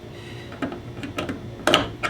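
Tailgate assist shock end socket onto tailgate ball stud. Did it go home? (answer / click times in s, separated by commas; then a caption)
yes / 1.7 s. The narrow sliding end of a tailgate assist shock on a 2018 Ford F-150 is pushed onto the metal ball stud on the tailgate, and its plastic snap-clip socket snaps onto the ball. After a few faint taps, a sharp snap is heard at 1.7 s, followed by another sharp click near the end, and the shock end is seated on the ball stud.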